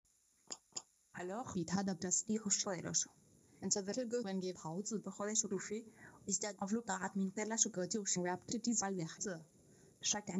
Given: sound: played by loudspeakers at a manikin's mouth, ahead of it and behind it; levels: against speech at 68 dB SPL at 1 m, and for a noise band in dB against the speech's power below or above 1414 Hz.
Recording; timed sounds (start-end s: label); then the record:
test signals for a remote microphone
0.50 s: click
0.75 s: click
1.13-10.40 s: speech test signal (ISTS)
From the record:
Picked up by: remote microphone A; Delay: 47 ms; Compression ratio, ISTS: 4.90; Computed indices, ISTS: SII 0.993, HASPI 0.999, HASQI 0.497 (non-linear 0.574, linear 0.866), ESTOI 0.858